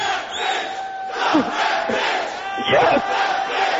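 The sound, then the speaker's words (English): A crowd chants loudly in unison, voices swelling in rhythmic bursts over a constant roar of many people. “Chant it loud so I can hear.”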